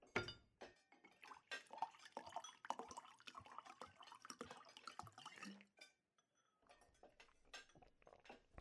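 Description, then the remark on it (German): Wine glugs and splashes as it is poured into a glass at a dinner table for several seconds, with light clinks of glassware and cutlery, then the pouring stops and quieter clatter follows. “Noch etwas Wein”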